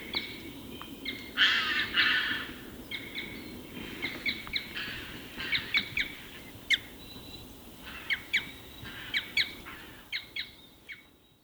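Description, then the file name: Eurasian jay with a rasping screech early on, followed by a series of short clicking and ticking notes at irregular intervals over quiet background noise. "Garrulus glandarius"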